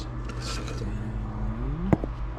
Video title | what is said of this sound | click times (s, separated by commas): Finishing the Interior of our 1990 One-ton Bronco restomod | are fittings tips just kind of snap into place | 1.9 s